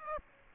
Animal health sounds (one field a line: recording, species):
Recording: mosquito wingbeat signal from an infrared sensor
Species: Aedes aegypti